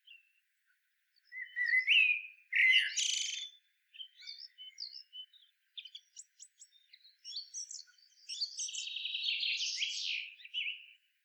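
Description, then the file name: Common blackbird song opening with two loud mellow warbles, then scattered soft clicks and a scratchy twittering passage. "Turdus merula"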